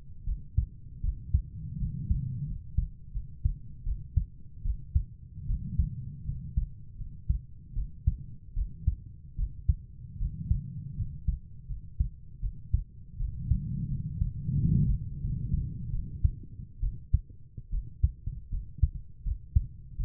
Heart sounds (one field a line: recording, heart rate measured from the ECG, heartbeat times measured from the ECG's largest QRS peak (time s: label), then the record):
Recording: heart sounds by stethoscope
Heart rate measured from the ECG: 79 bpm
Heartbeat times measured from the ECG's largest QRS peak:
0.25 s: heartbeat
1.02 s: heartbeat
1.79 s: heartbeat
2.46 s: heartbeat
3.13 s: heartbeat
3.85 s: heartbeat
4.64 s: heartbeat
5.47 s: heartbeat
6.25 s: heartbeat
6.97 s: heartbeat
7.75 s: heartbeat
8.55 s: heartbeat
9.37 s: heartbeat
10.19 s: heartbeat
10.96 s: heartbeat
11.68 s: heartbeat
12.41 s: heartbeat
13.18 s: heartbeat
13.89 s: heartbeat
14.57 s: heartbeat
15.21 s: heartbeat
15.92 s: heartbeat
16.81 s: heartbeat
17.71 s: heartbeat
18.51 s: heartbeat
19.24 s: heartbeat
19.97 s: heartbeat
From the record:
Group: healthy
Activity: rest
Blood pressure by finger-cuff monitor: 125/70 mmHg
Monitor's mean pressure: 86 mmHg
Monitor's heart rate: 83 bpm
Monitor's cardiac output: 6.9 L/min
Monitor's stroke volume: 86 mL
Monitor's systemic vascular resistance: 890 dyn s/cm5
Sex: female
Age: 22 years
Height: 160 cm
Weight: 63 kg